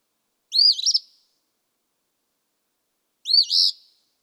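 Eastern Phoebe song: two scratchy two-note fee-bee phrases, nearly three seconds apart, with silence between.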